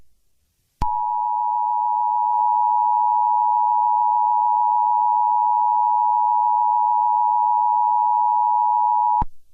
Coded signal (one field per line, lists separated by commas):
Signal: Emergency Alert System (SAME) tones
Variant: 853 and 960 Hz attention tone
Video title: EAS Mock: Civil Emergency Message for New Jersey V2 (FAKE)